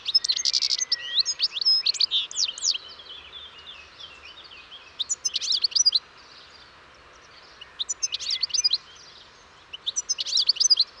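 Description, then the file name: European goldfinch giving bursts of tinkling, twittery calls, one long burst at the start and shorter bursts every few seconds, with quiet gaps between. "Carduelis carduelis"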